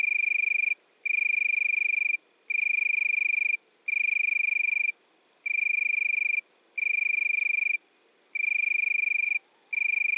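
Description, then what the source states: Italian tree cricket singing a steady, pure trilling tone in bursts of about a second or a little more, separated by short pauses. Recorded at midnight at Le Puech, Cantal.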